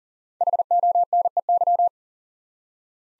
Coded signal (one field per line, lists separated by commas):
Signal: Morse code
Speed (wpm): 38 wpm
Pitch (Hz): 700 Hz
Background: none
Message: HONEY